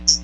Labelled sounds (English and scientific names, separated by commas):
Hooded Warbler (Setophaga citrina) flight call